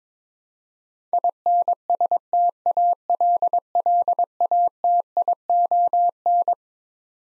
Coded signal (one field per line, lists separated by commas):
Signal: Morse code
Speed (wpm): 22 wpm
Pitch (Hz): 700 Hz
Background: none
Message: INSTALLATION